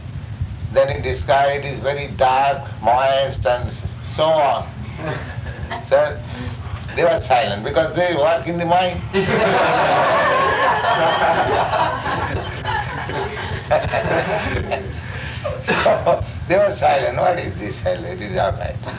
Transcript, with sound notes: Then he described, "It is very dark, moist, and so on." So they were silent, because they work in the mine. [laughter] They were silent. "What is this hell? It is all right."